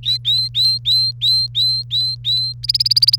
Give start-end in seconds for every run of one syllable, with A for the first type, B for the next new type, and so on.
0.03-2.53 A, 2.63-3.16 B